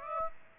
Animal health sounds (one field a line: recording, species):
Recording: mosquito wingbeat signal from an infrared sensor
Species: Aedes aegypti